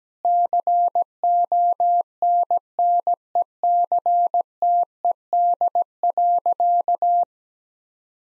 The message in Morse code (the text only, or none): CONNECTED.